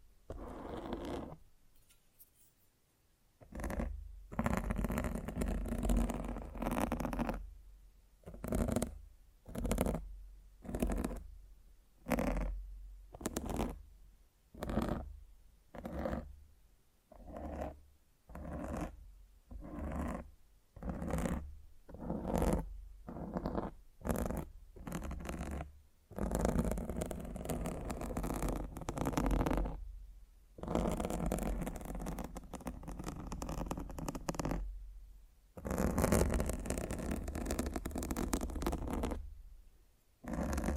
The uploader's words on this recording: ASMR Fall Asleep to Mic Scratching 1 Hour No Talking.